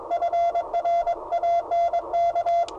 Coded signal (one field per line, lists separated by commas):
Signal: Morse code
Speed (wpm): 22 wpm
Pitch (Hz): 690 Hz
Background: radio noise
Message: FRANK